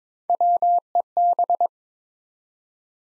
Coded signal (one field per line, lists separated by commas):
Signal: Morse code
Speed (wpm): 22 wpm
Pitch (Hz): 700 Hz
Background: none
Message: WEB